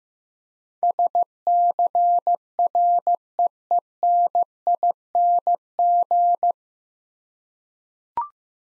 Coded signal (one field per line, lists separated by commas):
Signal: Morse code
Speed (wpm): 15 wpm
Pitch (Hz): 700 Hz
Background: none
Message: SCREENING